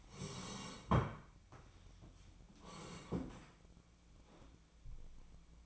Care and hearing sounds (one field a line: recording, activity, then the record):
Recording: daily activity, microphone in the room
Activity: sit down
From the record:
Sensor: 1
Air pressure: 1012.3 hPa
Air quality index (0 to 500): 175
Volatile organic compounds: 3 ppm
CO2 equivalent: 1440 ppm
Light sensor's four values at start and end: 44/119/49/60 and 43/118/48/58